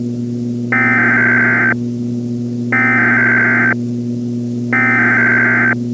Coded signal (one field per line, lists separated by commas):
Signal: Emergency Alert System (SAME) tones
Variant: header bursts